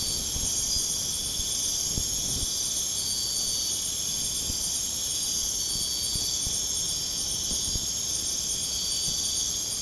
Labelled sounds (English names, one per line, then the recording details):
none
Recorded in pastures near Puerto Asís, Putumayo, Colombia, on 22 June 2025 at 01:00
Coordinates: 0.496, -76.326
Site GP01